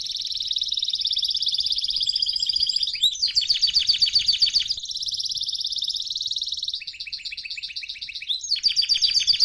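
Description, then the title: Canary delivering rapid buzzing rolls that switch several times between steady trills and quicker chopped repeated notes. Male Belgian canary singing a lot; training recording to warm up young canaries. "Esquente Seu Filhote E Canario Belga Em 30 Minutos Macho Cantando Muito"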